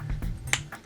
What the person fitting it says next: there you go there's the second click